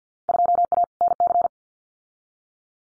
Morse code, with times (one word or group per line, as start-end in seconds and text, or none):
0.3-0.8 2A
1.0-1.5 NC